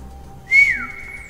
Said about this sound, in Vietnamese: … chúm miệng huýt sáo một tiếng, ba con trăng khổng lồ lập tức cuộn chặt lại.